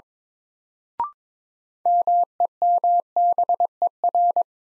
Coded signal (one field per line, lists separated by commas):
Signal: Morse code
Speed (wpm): 22 wpm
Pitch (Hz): 700 Hz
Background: none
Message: MEMBER